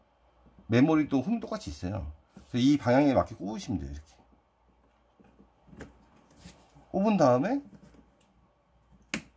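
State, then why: Seated. A memory module is lined up with the notch in a motherboard DIMM slot and pressed down while someone talks. The slot latch clicks at 9.1 s and the module is seated.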